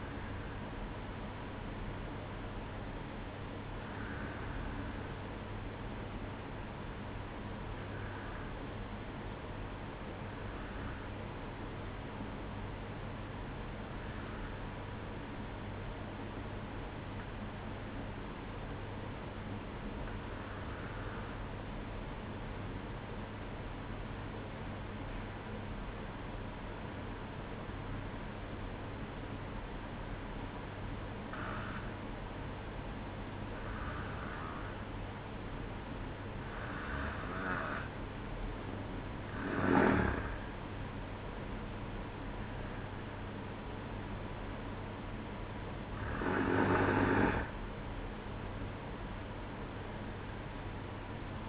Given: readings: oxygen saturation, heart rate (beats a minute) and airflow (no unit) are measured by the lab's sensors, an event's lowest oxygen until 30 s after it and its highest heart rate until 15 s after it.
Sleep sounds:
breathing in sleep by a voice recorder at the bedside; 1
6.00-39.40 s: hypopnea (N2, oxygen 95% highest, then 91% lowest, heart rate 60 at the start, 69 highest)
26.00-51.49 s: new sleep stage, N1 (lightest sleep)
From the record:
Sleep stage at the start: N2 (light sleep); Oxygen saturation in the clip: 91 to 95%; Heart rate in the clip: 59 to 69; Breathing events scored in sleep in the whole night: 305 in 9.6 hours asleep

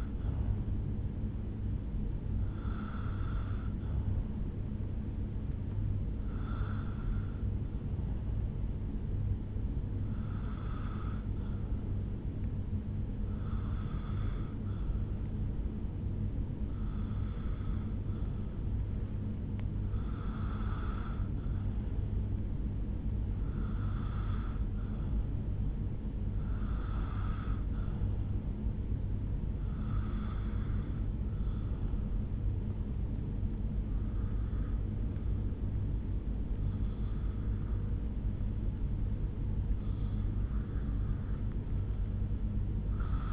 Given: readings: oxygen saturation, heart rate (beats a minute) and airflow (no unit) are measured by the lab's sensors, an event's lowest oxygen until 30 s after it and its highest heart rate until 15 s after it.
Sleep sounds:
breathing in sleep by a smartphone at the bedside; 1
5.00-28.40 s: hypopnea (N1, oxygen 97% highest, then 92% lowest, heart rate 70 at the start, 73 highest)
From the record:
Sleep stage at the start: N1 (lightest sleep); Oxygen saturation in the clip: 94 to 97%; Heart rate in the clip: 66 to 73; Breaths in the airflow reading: 11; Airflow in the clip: -7.5 to 4.0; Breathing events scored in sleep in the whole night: 449 in 7.0 hours asleep

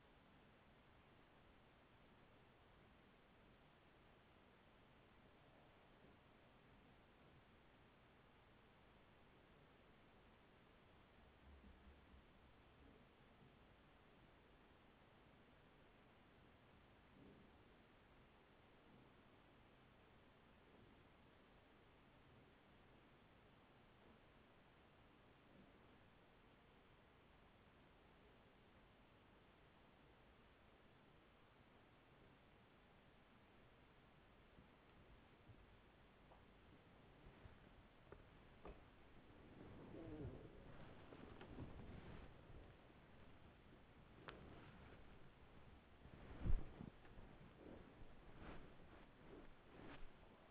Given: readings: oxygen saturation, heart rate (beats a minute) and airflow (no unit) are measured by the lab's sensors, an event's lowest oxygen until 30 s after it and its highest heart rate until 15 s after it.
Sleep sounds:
breathing in sleep by a voice recorder at the bedside; 1
7.00-27.90 s: hypopnea (N1, oxygen 96% highest, then 95% lowest, heart rate 46 at the start, 61 highest)
33.00-50.51 s: new sleep stage, awake
36.00-50.51 s: awake
From the record:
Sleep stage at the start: N1 (lightest sleep); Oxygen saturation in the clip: 95 to 96%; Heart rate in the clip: 41 to 78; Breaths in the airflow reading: 11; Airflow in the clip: -4.7 to 6.4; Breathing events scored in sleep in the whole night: 207 in 7.6 hours asleep

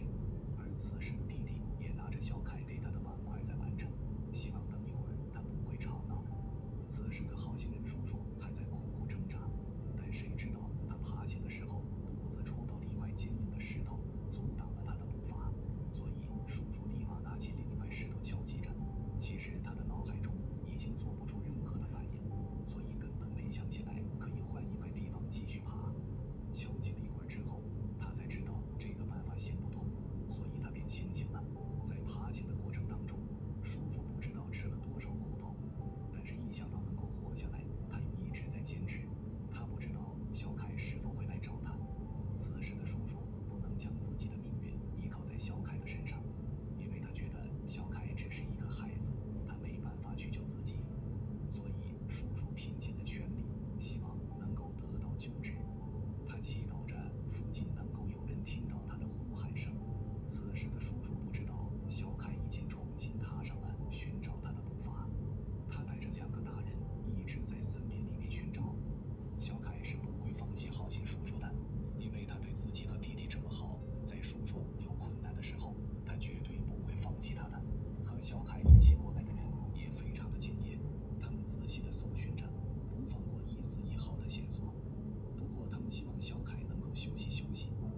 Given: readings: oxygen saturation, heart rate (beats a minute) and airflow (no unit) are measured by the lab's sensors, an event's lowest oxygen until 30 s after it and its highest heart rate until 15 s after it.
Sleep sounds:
a person awake in a sleep study, by a smartphone at the bedside; none
0.00-87.98 s: awake
From the record:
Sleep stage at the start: awake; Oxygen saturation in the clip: 94 to 95%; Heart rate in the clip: 73 to 81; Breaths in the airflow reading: 23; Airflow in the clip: -4.7 to 6.2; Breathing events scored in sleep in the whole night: 131 in 7.2 hours asleep

